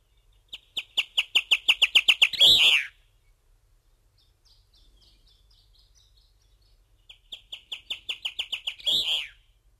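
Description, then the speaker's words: Blue chaffinch song given twice, each a quick series of repeated notes ending in a harsh burst, separated by several seconds of near quiet. Played from a published recording; emblematic bird of Tenerife and Gran Canaria, Canary Islands; its song is linked to the pine forests. "José Manuel, si te parece, vamos a comenzar este paseo sonoro por las aves de Canarias por un emblema, una ave emblemática de la isla de Tenerife, de Gran Canaria, el pinzón azul."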